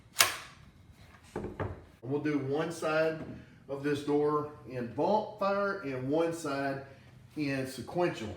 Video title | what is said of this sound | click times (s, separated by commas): DeWalt 20 volt Max XR (Unboxing and Overview) Why you should consider upgrading to a battery nailer | slide the magazine closed, and it snaps in place, and it's not gonna come open if you make it snap. | 0.2 s